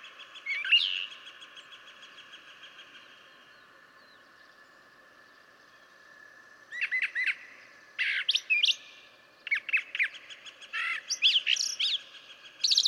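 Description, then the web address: Brown Thrasher song, one short phrase, a long pause, then a lively series of loud, varied, doubled notes. "birdsongforthecurious Brown Thrasher"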